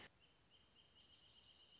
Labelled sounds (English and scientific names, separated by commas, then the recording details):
Wrentit (Chamaea fasciata)
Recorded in Sonoma County, California